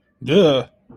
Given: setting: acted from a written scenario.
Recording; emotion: vocal sound without words; fear